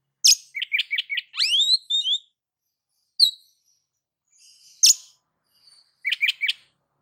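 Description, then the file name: Oriental magpie-robin song, a short burst of rapid chips and a rising whistle, followed by scattered sharp high notes and a final quick chirp series. "Suara Kacer"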